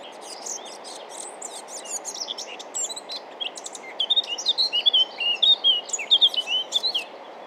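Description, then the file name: Eurasian blackcap singing, a quiet scratchy chattering warble that builds into louder, clear fluty whistled phrases in the second half. "Sylvia atricapilla"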